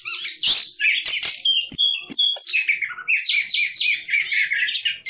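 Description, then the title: Oriental magpie-robin singing energetically, mixing sweet slurred whistles with scratchy chattering notes in quick succession, the phrases running almost without a break. Competition singing bird, national champion, singing actively in the clear ngeplong song style. "burung berkicau Kacer Ngeplong gacor Juara Nasional. burung Kacer"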